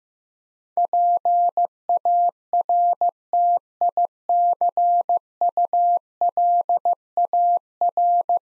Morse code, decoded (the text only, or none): PARTICULAR